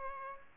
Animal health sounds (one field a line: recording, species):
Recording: mosquito wingbeat signal from an infrared sensor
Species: Aedes albopictus